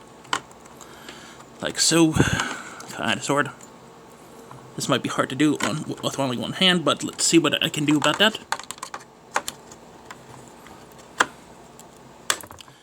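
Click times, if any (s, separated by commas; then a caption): 12.3 s. A DDR4 memory stick is pushed one-handed into a motherboard DIMM slot while someone talks, with scattered small clicks and knocks throughout. The stick seats with a sharp click as the plastic retention latch snaps shut at 12.3 s, installing the memory.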